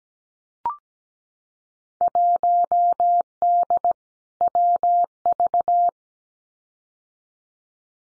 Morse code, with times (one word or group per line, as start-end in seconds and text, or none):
2.0-3.9 1D
4.4-5.9 WV